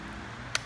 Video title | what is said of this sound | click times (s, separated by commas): Conductix-Wampfler Safe Lec 2 Bar Install | and snap in place | 0.5 s